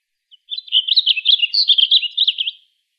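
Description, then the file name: Blue grosbeak song: a rich, rapid warble of jumbled slurred notes lasting about two seconds, rising and falling quickly, preceded by a single faint short note. Arizona, 22 June 2002. "BLGR 7 deviche"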